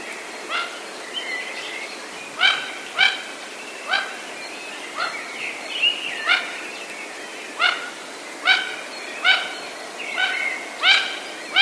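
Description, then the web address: Mandarin duck calls: clipped, yelping notes at uneven intervals. "wroblowe kolekcja mandarynka"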